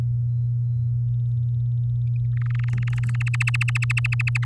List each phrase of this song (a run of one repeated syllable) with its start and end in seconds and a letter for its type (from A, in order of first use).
2.37-3.16 A, 3.20-4.45 B